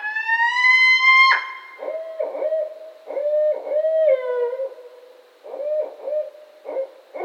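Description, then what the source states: Barred owl calling: a long, rising, nasal wailing note that cuts off sharply, followed by a run of low hoots, a falling drawn-out note, then more short hoots. Recorded on 15 October 2010.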